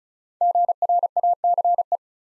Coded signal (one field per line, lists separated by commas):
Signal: Morse code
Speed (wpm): 36 wpm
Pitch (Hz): 700 Hz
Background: none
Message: GRACE